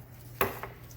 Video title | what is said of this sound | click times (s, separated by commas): MINI Cooper N12/N16 Cylinder Head Assembly Part 1 | tool locks into place. That's locking the tension, so you hit the release lever. | 0.4 s